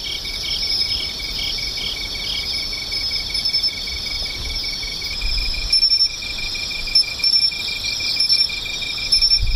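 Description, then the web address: Insect chorus: a pulsed trill in the first half beside a steady high buzz, then thin high chirps repeated at short intervals. "cats nishikawa 201110 mushinokoi"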